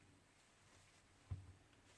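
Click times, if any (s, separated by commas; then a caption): none. A plastic cover is handled against the frame of a Huawei Y7 2018 smartphone after its power button has been replaced, before being pressed closed so its clips snap in. Over a low, steady background there is a brief dull low-pitched bump at about 1.3 s and a smaller one near 1.5 s. Nothing has seated or clicked yet.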